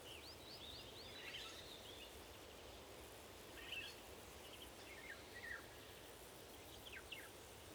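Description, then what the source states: Eurasian golden oriole calls: a quick run of short chirps at the start, then scattered descending notes later, against constant hissing background noise. More than one golden oriole calling.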